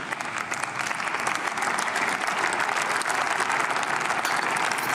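Sustained applause from a crowd, a dense, steady wash of many hands clapping at an even loudness for the full duration, with no voices rising above it.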